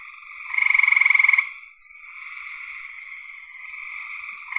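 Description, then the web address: Frog producing a loud pulsed trill near the start, then a continuous softer buzz, with another loud call just beginning at the end. "cn frogs"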